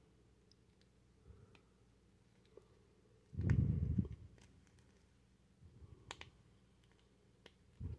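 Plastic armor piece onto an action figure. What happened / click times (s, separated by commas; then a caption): The plastic piece snapped into place / 6.1 s. A plastic armor piece is pushed onto a Masters of the Universe MasterVerse Revolution Battle Armor He-Man action figure. It snaps right into place with a sharp click at 6.1 s, after low handling rustles and a louder burst of rubbing noise around 3.4–4.1 s. The piece is seated.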